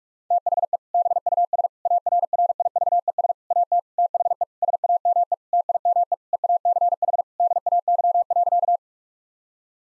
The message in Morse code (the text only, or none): THE BUS ARRIVES AT THE SAME TIME EACH DAY.